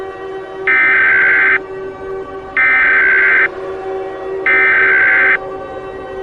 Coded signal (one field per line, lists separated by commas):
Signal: Emergency Alert System (SAME) tones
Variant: header bursts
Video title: eas scenario: the meteor remastered